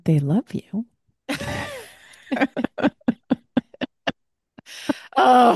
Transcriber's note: laughs